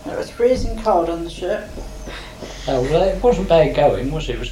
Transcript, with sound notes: It was freezing cold on the ship.
[laughs]
Oh, it wasn't bad going, was it?